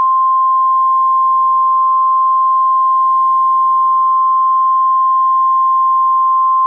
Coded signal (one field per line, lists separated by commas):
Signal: Emergency Alert System (SAME) tones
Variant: 1050 Hz attention tone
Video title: MANITOBA WANNA STORM | EAS Alerts from 7/19/2022 (EAS #1431-1435)